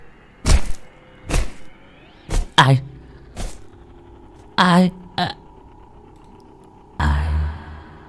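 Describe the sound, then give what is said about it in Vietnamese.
A series of about eight wet, heavy thuds like a knife stabbing into flesh, heard over a telephone line, struck at an uneven pace with short pauses, the last one longer and louder, over a faint low hum. “Liền sau đó là những tiếng phầm phập dội lại giống như đao dao đâm vào da thịt.”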